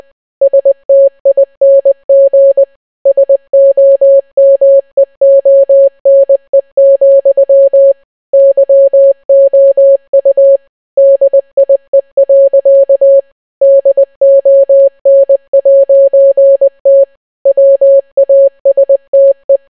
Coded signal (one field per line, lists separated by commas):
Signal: Morse code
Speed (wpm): 20 wpm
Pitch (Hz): 550 Hz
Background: none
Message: STING SOMEONE, YOU DIE. DON'T WASTE